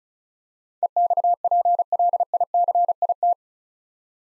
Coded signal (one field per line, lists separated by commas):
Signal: Morse code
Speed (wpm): 34 wpm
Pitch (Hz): 700 Hz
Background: none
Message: EXPLICIT